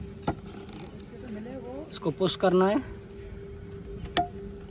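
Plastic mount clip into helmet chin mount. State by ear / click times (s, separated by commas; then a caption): seated / 4.2 s. A plastic phone-mount clip is pushed down into a helmet chin-strap mount while someone talks. A sharp click sounds at 4.2 s as the clip seats in the mount.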